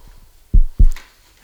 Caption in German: Das Stethoskop, um den Herzschlag zu erhören. Hört sich so an wie ein Herz, als würde ein Herz schlagen.